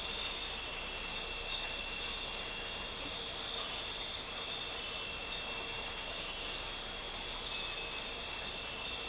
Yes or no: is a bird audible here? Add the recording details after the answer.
no. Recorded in dense forest near Puerto Asís, Putumayo, Colombia, on 4 March 2025 at 00:30. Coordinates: 0.467, -76.328. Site G041